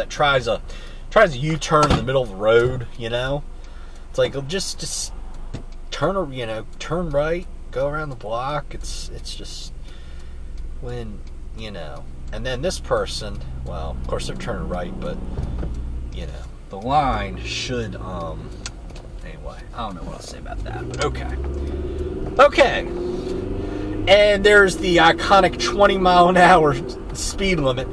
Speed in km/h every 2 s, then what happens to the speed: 13, 6, 0, 0, 0, 0, 0, 0, 0, 8, 15, 23, 35, 39.
0-4 slows to 0. 4-16 standing. 16-28 pulls away to 39.